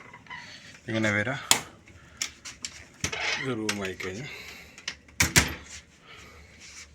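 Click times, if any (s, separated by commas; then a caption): 5.2 s. A cruise cabin door is swung shut and its latch seats into the door frame strike with a loud bang-click at 5.2 s, leaving the door latched closed. Someone talks over soft clicks and handling taps before the bang.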